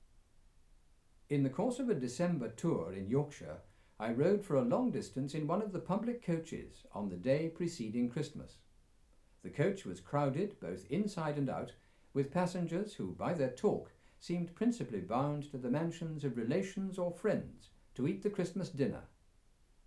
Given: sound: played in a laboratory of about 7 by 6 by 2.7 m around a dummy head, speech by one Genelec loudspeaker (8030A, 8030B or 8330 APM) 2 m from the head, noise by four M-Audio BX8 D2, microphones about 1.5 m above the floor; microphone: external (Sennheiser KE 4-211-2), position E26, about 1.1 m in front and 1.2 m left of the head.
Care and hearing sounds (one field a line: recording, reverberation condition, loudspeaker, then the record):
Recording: male speech in English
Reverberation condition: low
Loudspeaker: 90 degrees to the left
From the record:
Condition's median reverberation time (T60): about 310 ms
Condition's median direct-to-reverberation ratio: about 3.5 dB